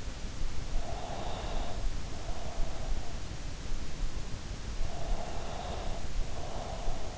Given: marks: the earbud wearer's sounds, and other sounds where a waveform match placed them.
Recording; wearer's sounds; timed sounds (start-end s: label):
sounds in sleep by an in-ear microphone; breath
0.58-2.79 s: breath
4.90-7.18 s: breath